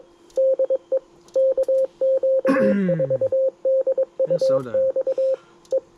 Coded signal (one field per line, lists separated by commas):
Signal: Morse code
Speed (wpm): 23 wpm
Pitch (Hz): 530 Hz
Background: speech, radio noise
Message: DE KQ4DUX E